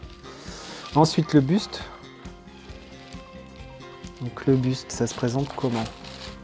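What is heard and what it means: A torso armor piece is handled next to an action figure before it clips on, with plastic on plastic, while someone talks over faint background music. Brief soft plastic handling ticks are heard near 3.1 s and 4.1 s, and nothing has seated or clicked yet.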